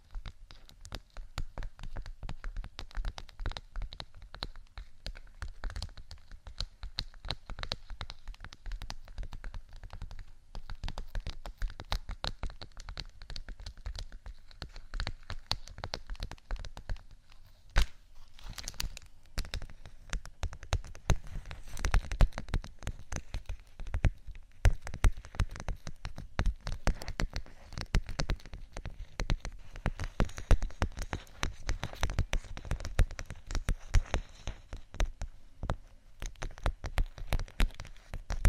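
Fingers tap and scratch on vinyl in a dense, continuous patter of tiny crisp clicks and rasps, like crinkling or rain on a surface. The sound stays busy throughout, with a short quieter gap near seventeen seconds, and grows a little heavier in the second half.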